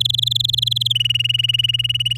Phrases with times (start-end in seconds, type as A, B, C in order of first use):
0.00-0.88 A, 0.90-2.17 B